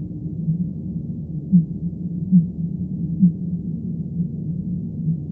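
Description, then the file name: Fin whale call: three short low pulses in a row, under a second apart, set in continuous low hum. Played sped up eight times. "B physalus"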